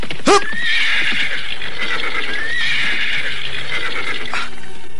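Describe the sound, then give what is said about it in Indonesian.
A horse being suddenly halted by its rider lets out a long, shrill whinny that rises and wavers over several seconds, with a few hoof clops at the start and a brief snort near the end. “Mengapa tiba-tiba saja Raden menghentikan kuda?”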